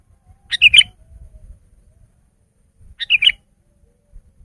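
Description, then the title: Sooty-headed bulbul giving two brief bubbly, chirpy phrases about two and a half seconds apart, with faint low rustling beneath. "kutilang"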